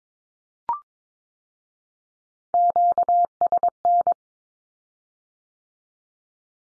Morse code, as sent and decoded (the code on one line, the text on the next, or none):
--.- ... -.
QSN